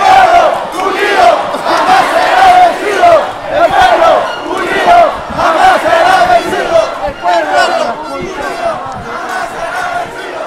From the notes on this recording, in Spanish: Movilización popular por el anuncio del cierre del Congreso de la República del Perú.